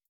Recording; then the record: hydrophone in a shrimp aquaculture tank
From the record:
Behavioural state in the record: feeding